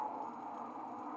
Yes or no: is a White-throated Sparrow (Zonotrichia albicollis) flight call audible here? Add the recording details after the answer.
no. No flight call is heard. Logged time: 02:48 on 5 December 2014